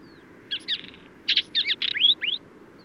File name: Isabellastenskvatta